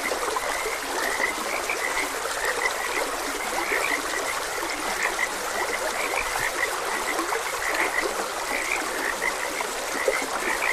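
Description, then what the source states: Frogs croaking in a dense, steady chorus of short overlapping notes, with the constant hiss and trickle of running water underneath. Frogs croaking beside a gentle stream.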